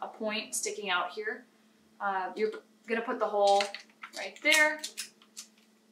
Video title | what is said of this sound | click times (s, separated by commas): How to load film into a Canon 1v | so that it clicks right in just like a battery | 5.4 s